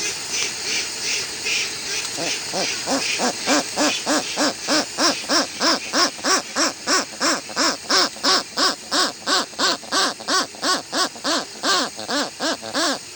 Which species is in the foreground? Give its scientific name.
Procellaria westlandica